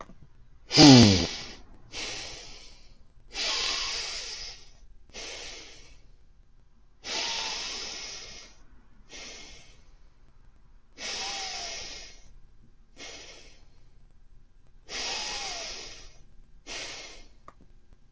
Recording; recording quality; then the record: deep breathing; excellent, no background noise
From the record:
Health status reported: healthy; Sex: male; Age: 24 years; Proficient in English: yes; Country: United States